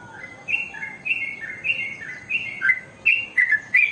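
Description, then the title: Oriental magpie-robin song of sweet, slurred whistles, softer at first then sharper and quicker toward the close, notes rising and falling. "Kicau Kacer"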